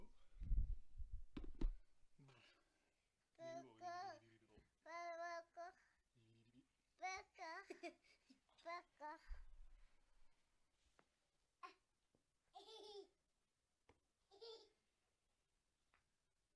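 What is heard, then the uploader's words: A baby babbles and laughs in short, bright bursts, with squeals and giggly runs between pauses, clustered around the middle and again near twelve and fourteen seconds. Low thumps and handling bumps open the clip. Baby Laughter.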